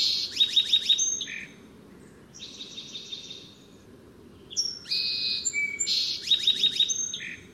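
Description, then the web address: Song sparrow singing several songs with short gaps between them, mixing crisp repeated notes, buzzy phrases and trills. Song sparrow song, North America. "Songs of Birds of North America. Song Sparrow"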